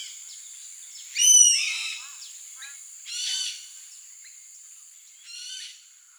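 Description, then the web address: Oriental honey buzzard: three high whistled calls about two seconds apart, the first loudest and the later ones softer. "Maleise wespendief SND-Pernis ptilorhynchus"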